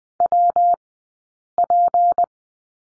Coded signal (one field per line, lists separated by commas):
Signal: Morse code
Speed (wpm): 20 wpm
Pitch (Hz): 700 Hz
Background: none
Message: WP